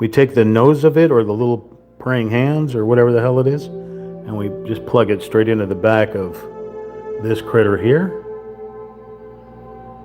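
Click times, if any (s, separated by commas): none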